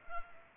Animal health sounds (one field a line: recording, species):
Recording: mosquito wingbeat signal from an infrared sensor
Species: Culex pipiens